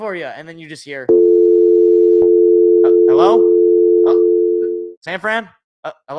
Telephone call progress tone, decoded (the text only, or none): dial tone